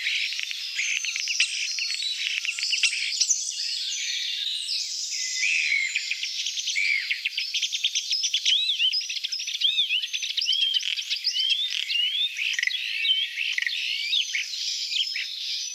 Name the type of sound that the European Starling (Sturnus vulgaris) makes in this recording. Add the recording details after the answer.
song. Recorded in the wild. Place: Waltershofen / Freiburg im Breisgau, Baden-Württemberg, DE. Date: 1979-06-02. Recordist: Schwarz, Dieter. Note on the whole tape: Song